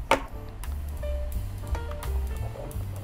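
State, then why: Seated. A long USB-C cable plug is pushed into the port of an Ajazz AK992 Tri-Mode 99-key keyboard (no-light version) and seats with a sharp, loud click at 0.1 s, locking in tight. Softer taps and handling knocks follow over a low background hum.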